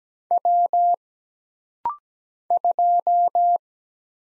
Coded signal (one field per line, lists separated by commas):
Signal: Morse code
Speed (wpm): 17 wpm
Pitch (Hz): 700 Hz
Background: none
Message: W 2